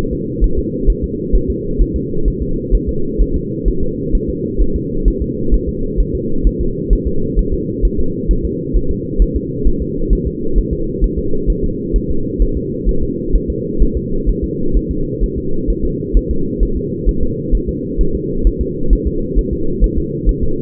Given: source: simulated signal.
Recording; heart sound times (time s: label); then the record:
fetal heart sounds
0.13 s: S2
0.44 s: S1
0.59 s: S2
0.90 s: S1
1.04 s: S2
1.35 s: S1
1.50 s: S2
1.81 s: S1
1.96 s: S2
2.28 s: S1
2.42 s: S2
2.75 s: S1
2.89 s: S2
3.21 s: S1
3.36 s: S2
3.68 s: S1
3.83 s: S2
4.15 s: S1
4.30 s: S2
4.62 s: S1
4.76 s: S2
5.08 s: S1
5.22 s: S2
5.54 s: S1
5.69 s: S2
6.00 s: S1
6.15 s: S2
6.47 s: S1
6.61 s: S2
6.93 s: S1
7.08 s: S2
7.39 s: S1
7.54 s: S2
7.85 s: S1
8.00 s: S2
8.31 s: S1
8.45 s: S2
8.76 s: S1
8.91 s: S2
9.22 s: S1
9.37 s: S2
9.67 s: S1
9.82 s: S2
10.13 s: S1
10.27 s: S2
10.58 s: S1
10.73 s: S2
11.04 s: S1
11.19 s: S2
11.50 s: S1
11.64 s: S2
11.96 s: S1
12.11 s: S2
12.42 s: S1
12.57 s: S2
12.89 s: S1
13.03 s: S2
13.36 s: S1
13.50 s: S2
13.82 s: S1
13.97 s: S2
14.29 s: S1
14.44 s: S2
14.77 s: S1
14.91 s: S2
15.24 s: S1
15.38 s: S2
15.70 s: S1
15.85 s: S2
16.17 s: S1
16.31 s: S2
16.63 s: S1
16.77 s: S2
17.09 s: S1
17.23 s: S2
17.55 s: S1
17.69 s: S2
18.01 s: S1
18.15 s: S2
18.47 s: S1
18.62 s: S2
18.93 s: S1
19.08 s: S2
19.39 s: S1
19.53 s: S2
19.84 s: S1
19.98 s: S2
20.29 s: S1
20.43 s: S2
From the record:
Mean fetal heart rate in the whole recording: 130 bpm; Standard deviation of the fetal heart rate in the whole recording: 2 bpm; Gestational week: 36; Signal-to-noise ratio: -8.1 dB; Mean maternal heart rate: 72 bpm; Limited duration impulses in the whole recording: absent